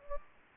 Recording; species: mosquito wingbeat signal from an infrared sensor; Anopheles gambiae